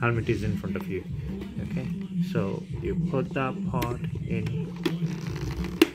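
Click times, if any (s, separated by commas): 5.8 s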